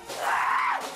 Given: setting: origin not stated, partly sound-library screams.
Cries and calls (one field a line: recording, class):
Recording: one-second piece from a danger detection set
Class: woman in danger